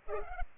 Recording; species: mosquito wingbeat signal from an infrared sensor; Culex pipiens